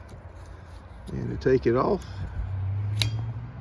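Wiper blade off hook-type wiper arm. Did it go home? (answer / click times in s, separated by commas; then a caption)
released / 3.0 s. A wiper blade's plastic release tab is pushed down to take the blade off a hooked wiper arm on a Mercury Sable/Ford Taurus. Someone talks, then a sharp, loud click at 3.0 seconds marks the blade releasing from the arm.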